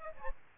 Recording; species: mosquito wingbeat signal from an infrared sensor; Aedes aegypti